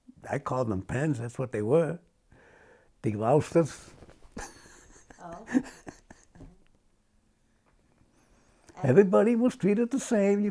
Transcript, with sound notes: I called them pens, that's what they were. Deloused us. [laughs]
Oh?
Everybody was treated the same.